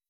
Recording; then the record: hydrophone in a shrimp aquaculture tank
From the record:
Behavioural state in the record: weakened